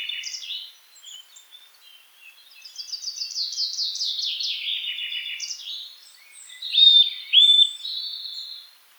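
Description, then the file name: Eurasian nuthatch: a fast run of short, descending high notes, then two loud, clear whistles. "Sitta europaea"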